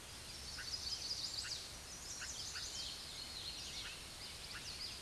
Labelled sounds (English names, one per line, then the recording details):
Chestnut-sided Warbler song
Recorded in a Pennsylvania forest on 16 May 2024 at 06:54
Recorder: AudioMoth, point MSD-1892
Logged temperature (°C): 14.5 °C
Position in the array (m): 83 m, 60 m